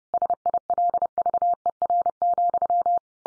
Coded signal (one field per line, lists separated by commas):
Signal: Morse code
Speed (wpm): 30 wpm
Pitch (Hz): 700 Hz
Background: none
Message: SILVER,